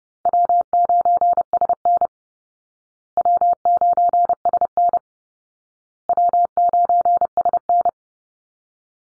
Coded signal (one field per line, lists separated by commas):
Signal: Morse code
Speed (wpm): 30 wpm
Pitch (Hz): 700 Hz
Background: none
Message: W9SN W9SN W9SN